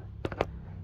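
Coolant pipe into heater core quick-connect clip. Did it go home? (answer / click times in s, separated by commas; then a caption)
yes / 0.4 s. A coolant pipe, greased because it would not go in easily, is pushed into the quick-connect of the heater core (part 3C0819031A) on a 2014 VW Tiguan 5N. Two short knocks at about 0.3 s are followed by the sharp, loudest snap of the plastic clip at 0.4 s, and the pipe is seated.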